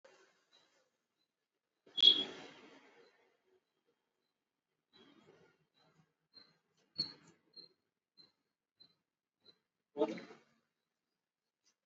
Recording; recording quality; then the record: deep breathing; moderate, slight background noise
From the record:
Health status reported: exposed to COVID-19, no respiratory illness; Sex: male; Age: 22 years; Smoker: no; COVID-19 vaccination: both doses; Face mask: not worn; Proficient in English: yes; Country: India